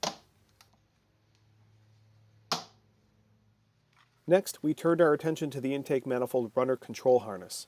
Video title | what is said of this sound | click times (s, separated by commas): Ford Performance Parts Power Pack 3: Full Review, Install, and Test | the fuel injectors seat into the gt350 manifold with a satisfying click | 0.1 s, 2.5 s